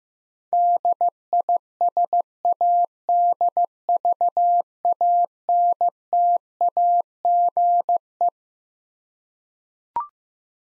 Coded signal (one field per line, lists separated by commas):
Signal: Morse code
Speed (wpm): 15 wpm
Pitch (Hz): 700 Hz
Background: none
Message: DISADVANTAGE